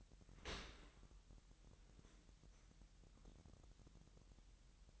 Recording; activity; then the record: daily activity, microphone in the room; open dishwasher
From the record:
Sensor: 3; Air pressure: 998.3 hPa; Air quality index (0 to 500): 147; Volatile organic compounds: 5 ppm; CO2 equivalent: 1761 ppm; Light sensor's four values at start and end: 13/39/16/14 and 13/39/16/14